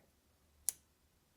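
The blade of a scale release automatic knife pops open and the lock bar drops into place behind it, locking the blade open with a single sharp, bright click at 0.7 s. The pivot tension is being adjusted so it is tight enough to hold everything together but loose enough to let the lock bar drop. Otherwise there is only a low, quiet background.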